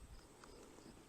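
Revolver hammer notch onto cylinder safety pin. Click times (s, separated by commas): 0.4 s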